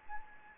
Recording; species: mosquito wingbeat signal from an infrared sensor; Anopheles gambiae